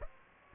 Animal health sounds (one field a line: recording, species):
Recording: mosquito wingbeat signal from an infrared sensor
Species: Aedes aegypti